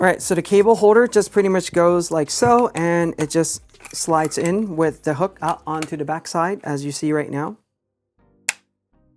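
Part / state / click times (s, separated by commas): cable management holder into monitor stand neck / seated / 8.5 s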